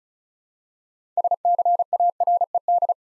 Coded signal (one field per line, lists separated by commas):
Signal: Morse code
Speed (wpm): 36 wpm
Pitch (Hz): 700 Hz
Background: none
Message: SCARED